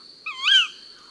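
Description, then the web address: Tawny owl giving a single sharp kewick call, a hoarse rising then falling note with bright overtones, lasting about half a second over a steady high tone. "la chouette hulotte. album cuicui-et-compagnie"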